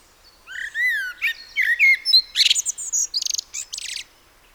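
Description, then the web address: Common blackbird song phrase opening with rich, sliding fluted notes and finishing in a fast, scratchy burst of high chittering squeaks. "SETE Turdus merula"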